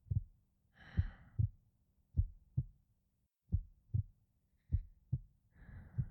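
Slow, steady paired low thumps, about 50 a minute, heard close against an adult woman's chest, with soft breathing sounds: an ordinary heartbeat.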